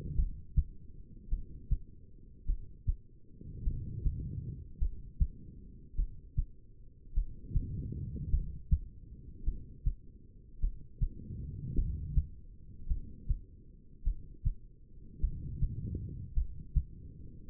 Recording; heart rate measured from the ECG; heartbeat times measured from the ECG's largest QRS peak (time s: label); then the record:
heart sounds by stethoscope; 52 bpm
0.15 s: heartbeat
1.29 s: heartbeat
2.45 s: heartbeat
3.63 s: heartbeat
4.78 s: heartbeat
5.95 s: heartbeat
7.13 s: heartbeat
8.30 s: heartbeat
9.44 s: heartbeat
10.60 s: heartbeat
11.75 s: heartbeat
12.87 s: heartbeat
14.03 s: heartbeat
15.20 s: heartbeat
16.34 s: heartbeat
17.48 s: heartbeat
From the record:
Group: heart failure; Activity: rest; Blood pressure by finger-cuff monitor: 84/60 mmHg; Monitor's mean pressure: 68 mmHg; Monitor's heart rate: 52 bpm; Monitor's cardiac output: 2.5 L/min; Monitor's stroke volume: 49 mL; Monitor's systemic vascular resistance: 1920 dyn s/cm5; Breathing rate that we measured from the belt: 15 breaths a minute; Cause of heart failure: non-ischemic cardiomyopathy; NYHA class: 1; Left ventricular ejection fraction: 52%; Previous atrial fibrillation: present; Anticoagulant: apixaban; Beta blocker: bisoprolol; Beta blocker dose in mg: 10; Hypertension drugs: sacubitril-valsartan, spironolactone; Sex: female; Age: 68 years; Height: 169 cm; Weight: 71 kg